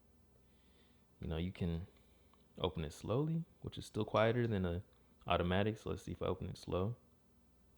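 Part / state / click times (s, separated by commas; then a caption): blade lock of a folding pocket knife / not seated / none. Someone talks while slowly opening the blade of a CRKT Otanashi noh Ken folding pocket knife by hand, working it toward the blade lock. The clip is mostly speech, with a brief sharp sound at the very end, but the blade lock has not clicked or engaged yet.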